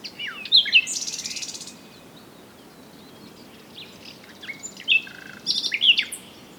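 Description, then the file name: Common nightingale song: harsh buzzy rattles mixed with clear whistled notes, a pause of near silence, then another phrase of buzzy and whistled elements. "Luscinia megarhynchos"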